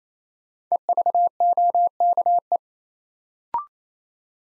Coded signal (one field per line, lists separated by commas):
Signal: Morse code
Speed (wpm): 27 wpm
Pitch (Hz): 700 Hz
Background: none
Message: EVOKE